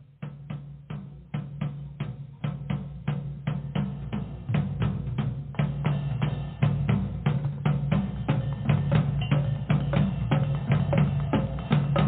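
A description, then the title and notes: Drumming with sharp, regular strikes over a steady low rumble. Hits are sparse and quieter at first, then after about four seconds they grow louder and denser, keeping a quick, even pulse to the end. The sound is muffled, lacking any bright top. DRUMMING.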